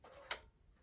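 Thread is pushed into the tension spring of a small Amazon Basics sewing machine while held at the top and bottom, then pulled taut. A quiet sound starts at about 0.1 s, then a sharp click at 0.3 s shows the thread is seated properly in the spring.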